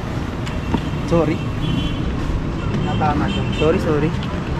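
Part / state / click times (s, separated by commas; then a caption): motorcycle top box onto its mounting base plate / not seated / none. A motorcycle top box is handled over its mounting base plate while someone talks over steady vehicle and traffic noise, with one brief sharp sound near 0.7 s. The top box has not latched or seated onto the base yet.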